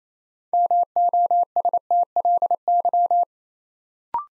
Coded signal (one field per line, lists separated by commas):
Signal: Morse code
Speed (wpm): 27 wpm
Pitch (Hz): 700 Hz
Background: none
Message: MOSTLY